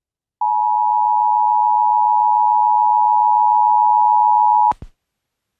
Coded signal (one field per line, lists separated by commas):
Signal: Emergency Alert System (SAME) tones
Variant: 853 and 960 Hz attention tone